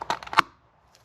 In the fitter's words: and put it in the housing as I say it's got these clips on the end and those go into the hole in the housing and you should hear it click in like